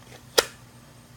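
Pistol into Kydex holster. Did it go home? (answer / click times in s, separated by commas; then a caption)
yes / 0.4 s. A pistol is pushed back into a Kydex holster, and a single sharp, loud click sounds at 0.4 s as the retention locks. The pistol is seated. The rest of the clip is a quiet, low background hum.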